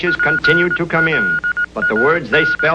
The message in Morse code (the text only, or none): PLAN